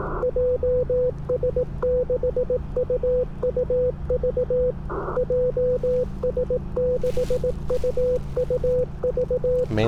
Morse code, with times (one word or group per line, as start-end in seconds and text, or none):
0.2-4.7 JS6UUV
5.2-9.6 JS6UUV